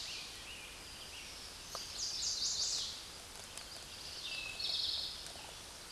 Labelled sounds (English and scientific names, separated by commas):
Eastern Towhee (Pipilo erythrophthalmus) song